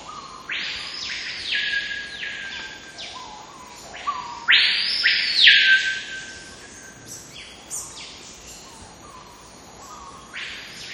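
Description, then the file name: Screaming piha song: ringing up-and-down whistles, loudest around the middle, with several softer calls. "Lipaugus vociferans singing and whistling"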